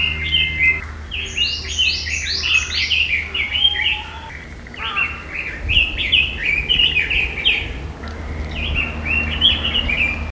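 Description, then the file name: Red-billed leiothrix giving rapid, cheerful warbled phrases of quick rising notes, repeated in several bursts, against a constant low background hum. "sousityo"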